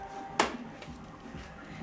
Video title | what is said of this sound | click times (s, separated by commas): HOOP SESSION TYPES OF HOOPS | and it clicks | 0.4 s